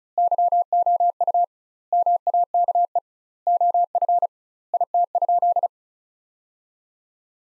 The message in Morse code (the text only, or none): YOU MAKE OF IT?